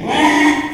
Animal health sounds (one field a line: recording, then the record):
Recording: squeal of a Yucatan mini pig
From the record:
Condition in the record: after surgery on the right vocal fold (resection and tissue-engineered implant)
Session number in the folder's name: 3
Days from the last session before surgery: 33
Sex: male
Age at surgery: 12 weeks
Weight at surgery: 13 kg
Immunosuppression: cyclosporine, prednisolone